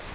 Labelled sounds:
Grace's Warbler (Setophaga graciae) flight call

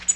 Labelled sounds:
Tennessee Warbler (Leiothlypis peregrina) flight call

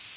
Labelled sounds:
Blackburnian Warbler (Setophaga fusca) flight call

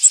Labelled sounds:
Magnolia Warbler (Setophaga magnolia) flight call

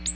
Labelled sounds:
Ovenbird (Seiurus aurocapilla) flight call

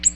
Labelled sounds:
Ovenbird (Seiurus aurocapilla) flight call

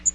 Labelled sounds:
Magnolia Warbler (Setophaga magnolia) flight call

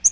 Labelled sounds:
Yellow-rumped Warbler (Setophaga coronata) flight call

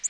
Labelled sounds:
Orange-crowned Warbler (Leiothlypis celata) flight call

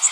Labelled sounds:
Magnolia Warbler (Setophaga magnolia) flight call

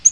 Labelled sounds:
Yellow-rumped Warbler (Setophaga coronata) flight call

